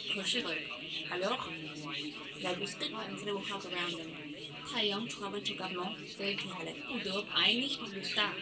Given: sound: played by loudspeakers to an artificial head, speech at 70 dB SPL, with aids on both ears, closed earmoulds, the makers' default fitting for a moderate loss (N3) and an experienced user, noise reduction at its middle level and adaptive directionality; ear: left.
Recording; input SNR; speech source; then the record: speech test signal (ISTS) in cocktail-party noise; +6 dB; on the right (90 degrees)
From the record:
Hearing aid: class 1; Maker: C